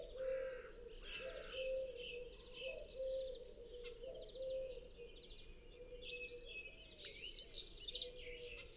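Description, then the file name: Great tit calls: series of short high chirps in bursts, ending with a dense, louder cluster of sharp notes; a steady low tonal hum runs underneath throughout. "Parus major"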